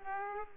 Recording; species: mosquito wingbeat signal from an infrared sensor; Aedes aegypti